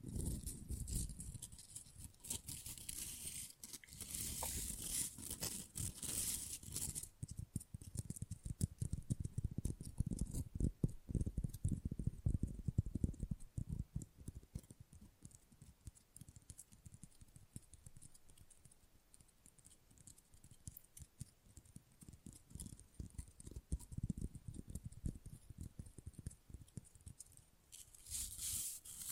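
Fast, rough nail filing scrapes along in dense bursts with a gritty, hissing edge, heaviest in the first seven seconds and again briefly at the end. Through the middle, quick light tapping clicks run steadily, softer and more scattered toward the close.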